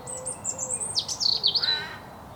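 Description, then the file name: European robin phrase: very high thin notes sliding downward into a quick, sharp, tumbling flourish, all within about two seconds. "Erithacus rubecula"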